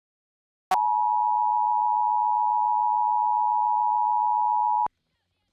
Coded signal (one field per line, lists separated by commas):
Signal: Emergency Alert System (SAME) tones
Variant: 853 and 960 Hz attention tone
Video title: (Failed) EAS "Extremely Dangerous Situation" Severe Thunderstorm Warning on TBD. (WUPA 69)